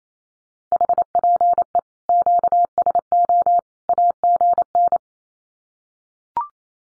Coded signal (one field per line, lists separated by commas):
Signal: Morse code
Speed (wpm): 28 wpm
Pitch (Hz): 700 Hz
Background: none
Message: HPE QSO AGN